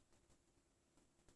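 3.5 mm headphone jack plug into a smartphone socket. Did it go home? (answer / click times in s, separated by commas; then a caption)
no / none. A 3.5 mm headphone jack plug is handled at the socket of a Leagoo Kiicaa Power smartphone, after it was thought to be fully inserted but had not been pushed all the way in past the socket's small clip. Only faint, steady low-level noise is heard, with a few soft brief bumps around 0.1–0.3 s, 1.0 s and 1.3 s. Nothing has seated or clicked yet.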